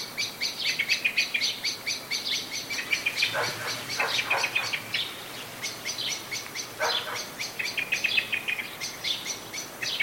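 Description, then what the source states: Blackbird chattering alarm: dense, urgent chink notes several per second, with a few lower rasping bursts between. Blackbird calling in a state of anxiety.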